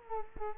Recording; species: mosquito wingbeat signal from an infrared sensor; Culex quinquefasciatus